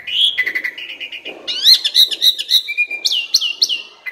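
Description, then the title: Asian pied starling song, a varied run of whistled notes, rising slurs and harsh chattering phrases. Training recording (masteran) meant to make birds that sing too little, sluggish or lethargic sing more actively. "Masteran Jalak Suren. Burung KURANG GACOR Dan LOYO"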